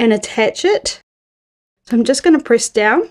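A plastic snap cap and socket are being attached to the fabric of a book sleeve with snap pliers, one half pressed down by hand. Someone talks throughout, with a silent gap from about 1.0 to 1.9 seconds. The clip ends before the snap goes home, so nothing has seated or clicked yet.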